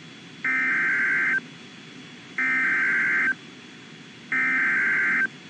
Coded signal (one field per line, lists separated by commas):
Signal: Emergency Alert System (SAME) tones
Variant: header bursts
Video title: EAS#674-689 EAS alerts from September 29th to December 2nd, 2023.